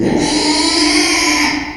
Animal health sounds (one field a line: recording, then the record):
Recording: squeal of a Yucatan mini pig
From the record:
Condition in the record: after surgery on the right vocal fold (resection and tissue-engineered implant)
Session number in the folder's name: 2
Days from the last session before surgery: 13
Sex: male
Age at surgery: 12 weeks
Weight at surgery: 13 kg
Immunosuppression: cyclosporine, prednisolone